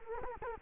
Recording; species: mosquito wingbeat signal from an infrared sensor; Culex quinquefasciatus